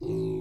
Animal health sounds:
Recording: pig call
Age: weaner (32 to 43 days)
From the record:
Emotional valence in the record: negative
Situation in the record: novel object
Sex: female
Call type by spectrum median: low-frequency call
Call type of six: low-frequency stable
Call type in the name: low-frequency stable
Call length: 0.42 s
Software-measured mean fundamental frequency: 53 Hz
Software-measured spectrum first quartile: 171 Hz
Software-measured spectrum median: 312 Hz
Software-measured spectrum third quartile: 385 Hz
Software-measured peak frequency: 363 Hz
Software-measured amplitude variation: 89 dB a second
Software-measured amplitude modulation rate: 36.0 a second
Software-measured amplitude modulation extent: 2.5 dB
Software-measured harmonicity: 4.8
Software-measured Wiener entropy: -0.38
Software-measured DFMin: 1500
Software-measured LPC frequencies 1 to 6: 356, 2493, 3952, 4872, 5810, 6408 Hz

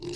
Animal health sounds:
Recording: pig call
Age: weaner (32 to 43 days)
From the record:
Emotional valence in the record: negative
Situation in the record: long isolation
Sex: female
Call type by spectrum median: low-frequency call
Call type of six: high-frequency modulated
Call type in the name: high-frequency modulated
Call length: 0.16 s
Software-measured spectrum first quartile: 319 Hz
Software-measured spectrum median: 800 Hz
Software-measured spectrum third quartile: 4630 Hz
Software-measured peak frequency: 347 Hz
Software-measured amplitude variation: 86 dB a second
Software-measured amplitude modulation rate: 15.6 a second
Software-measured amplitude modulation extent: 5.5 dB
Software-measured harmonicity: 6.1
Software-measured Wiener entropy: -3.84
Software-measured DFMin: 823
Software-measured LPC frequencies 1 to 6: 360, 2129, 2781, 4240, 4878, 5501 Hz

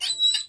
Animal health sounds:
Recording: pig call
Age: piglet (1 to 25 days)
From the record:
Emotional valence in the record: negative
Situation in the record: restrain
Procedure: sham castration, cut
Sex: male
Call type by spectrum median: high-frequency call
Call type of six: high-frequency stable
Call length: 0.49 s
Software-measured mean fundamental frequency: 147 Hz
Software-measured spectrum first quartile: 3817 Hz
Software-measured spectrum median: 4210 Hz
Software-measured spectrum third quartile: 7024 Hz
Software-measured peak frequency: 3885 Hz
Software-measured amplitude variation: 191 dB a second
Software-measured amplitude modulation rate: 15.4 a second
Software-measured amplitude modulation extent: 12.4 dB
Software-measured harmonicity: 15.5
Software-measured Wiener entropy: -4.67

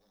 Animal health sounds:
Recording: pig call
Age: piglet (1 to 25 days)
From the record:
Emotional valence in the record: positive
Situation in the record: reunion after long isolation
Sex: male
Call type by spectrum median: low-frequency call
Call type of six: low-frequency stable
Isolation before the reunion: 8 minutes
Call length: 0.11 s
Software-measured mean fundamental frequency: 56 Hz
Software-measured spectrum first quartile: 398 Hz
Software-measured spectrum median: 1426 Hz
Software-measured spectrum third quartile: 7172 Hz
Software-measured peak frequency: 197 Hz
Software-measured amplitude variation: 11 dB a second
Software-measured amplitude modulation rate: 18.7 a second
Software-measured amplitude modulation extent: 0.6 dB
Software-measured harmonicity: 4.2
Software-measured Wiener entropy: -2.35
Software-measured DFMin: 1053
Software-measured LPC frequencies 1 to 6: 557, 3603, 5317, 6093, 7186, 8260 Hz

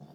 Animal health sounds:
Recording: pig call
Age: piglet (1 to 25 days)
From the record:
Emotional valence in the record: negative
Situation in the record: long isolation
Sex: female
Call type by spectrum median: low-frequency call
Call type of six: low-frequency tonal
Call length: 0.15 s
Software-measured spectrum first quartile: 168 Hz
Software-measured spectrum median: 285 Hz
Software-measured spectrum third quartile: 765 Hz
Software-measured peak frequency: 206 Hz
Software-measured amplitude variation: 142 dB a second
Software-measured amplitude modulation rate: 6.5 a second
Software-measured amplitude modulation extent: 21.9 dB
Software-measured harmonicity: 0.9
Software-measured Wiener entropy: -0.18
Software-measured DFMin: 1090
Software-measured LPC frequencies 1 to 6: 698, 3555, 4672, 5291, 6669, 7864 Hz

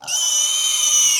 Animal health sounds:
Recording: pig call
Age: weaner (32 to 43 days)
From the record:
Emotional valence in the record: negative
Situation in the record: restrain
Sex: male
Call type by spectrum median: high-frequency call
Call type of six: high-frequency stable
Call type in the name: high-frequency stable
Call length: 1.20 s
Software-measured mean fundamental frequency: 300 Hz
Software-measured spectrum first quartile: 3138 Hz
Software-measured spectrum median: 5515 Hz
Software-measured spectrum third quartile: 6442 Hz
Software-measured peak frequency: 5958 Hz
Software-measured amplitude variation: 99 dB a second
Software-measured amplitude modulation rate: 25.8 a second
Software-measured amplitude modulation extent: 3.8 dB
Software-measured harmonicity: 6.8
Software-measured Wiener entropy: -3.15

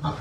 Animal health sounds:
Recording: pig call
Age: growing-finishing pig (85 days or more)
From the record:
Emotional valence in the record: positive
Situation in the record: run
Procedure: transit

